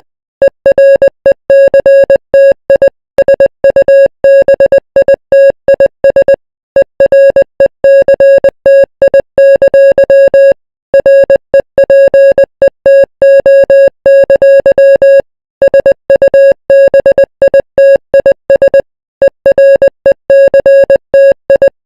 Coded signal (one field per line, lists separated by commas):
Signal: Morse code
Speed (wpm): 20 wpm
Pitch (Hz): 550 Hz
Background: music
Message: ERECTI SUBITIS ERECTI! REPETO! SUBITIS ERECTI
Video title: Baja California EAS Alarm